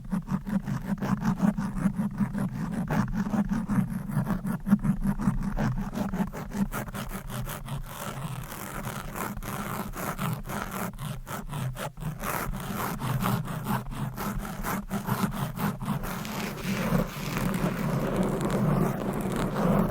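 Fast, aggressive scratching of long nails across a microphone, a dense rasping stream of quick strokes with no pauses. The scratches are low and gritty at first, then turn brighter and hissier after about seven seconds, with a steady low hum underneath throughout.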